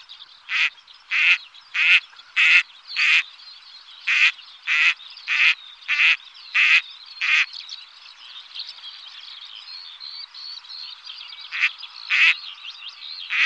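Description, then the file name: Gadwall calling with loud nasal notes repeated in a steady series for about seven seconds; after a quieter pause, a few more calls come near the end. "Snatterand"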